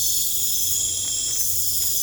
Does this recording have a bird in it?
no